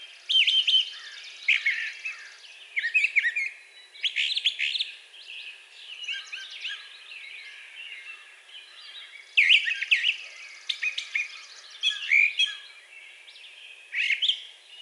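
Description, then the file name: Brown thrasher song: loud bursts of mixed whistles and harsh chips in short phrases, with pauses between. Recorded 4 June 2020. "2020-06-04 Brown Thrasher"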